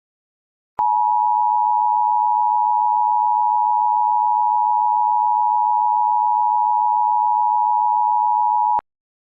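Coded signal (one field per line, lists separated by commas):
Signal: Emergency Alert System (SAME) tones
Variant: 853 and 960 Hz attention tone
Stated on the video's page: Mock EAS nuclear power plant warning, a simulated recreation.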